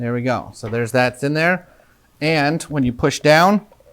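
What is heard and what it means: A rubber spark plug cap is handled over the spark plug of a Halcyon 450 motorcycle engine during a valve adjustment, to be pushed down until it snaps home. Someone talks throughout the clip, and no distinct click stands out. Nothing has seated or clicked yet.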